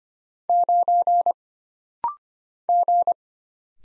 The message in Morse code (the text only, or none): 9 G